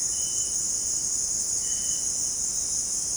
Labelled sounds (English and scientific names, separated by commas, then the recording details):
none
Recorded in dense forest near Puerto Asís, Putumayo, Colombia, on 23 June 2025 at 17:30
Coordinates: 0.499, -76.324
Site G100